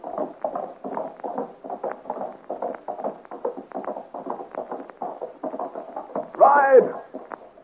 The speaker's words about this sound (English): pulls roughly at the horse's bridle and, shouting encouragement to her, gallops out into the darkness of the forest.